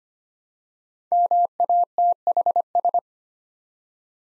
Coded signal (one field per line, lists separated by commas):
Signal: Morse code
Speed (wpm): 25 wpm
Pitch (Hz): 700 Hz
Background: none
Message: MATHS